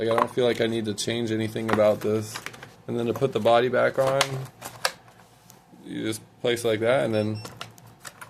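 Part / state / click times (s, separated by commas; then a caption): plastic body shell onto RC truck chassis mounts / not seated / none. Someone talks while the plastic body shell of an Aarma Mojave Grom 223S BLX 1/16 brushless RC truck is placed onto the chassis mounts, with a few light plastic knocks and taps of handling. The shell is only being set in place and has not yet been pushed down, so nothing has seated or clicked yet.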